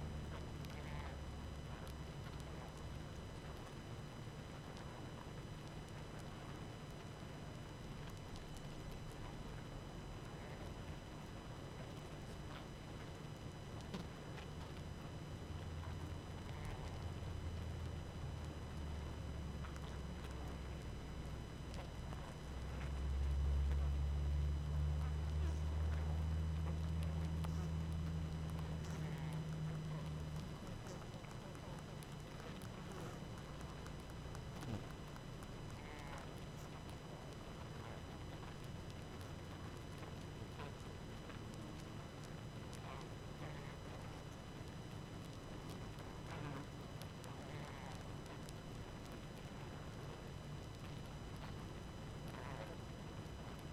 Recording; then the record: honeybee colony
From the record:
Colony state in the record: active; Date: 12 June 2018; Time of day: 20:39